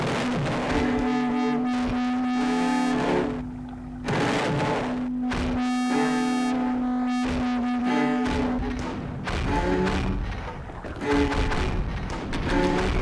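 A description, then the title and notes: A dense wartime battle scene of bombs and gunfire, with thuds and booms crowding the whole stretch. A long sustained low tone rings through it, steady around two and six to eight seconds, under rapid bursts and rumbling impacts that grow heavier near the end. The beach, bombs, parachutes, gunfire and a song.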